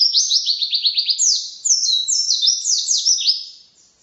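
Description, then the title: White-eye song: a quick run of high, sweeping downslurred notes, then brighter, more varied twittering phrases that fade at the end. Song described as 'racun', with canary-like variations, 'tembakan' bursts and 'gacor' sustained singing; 2015. "Pleci RACUN (Variasi kenari , Tembakan , Gacor , new 2015 )"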